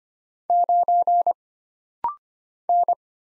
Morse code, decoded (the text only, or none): 9 N